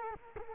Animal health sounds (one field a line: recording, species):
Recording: mosquito wingbeat signal from an infrared sensor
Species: Culex quinquefasciatus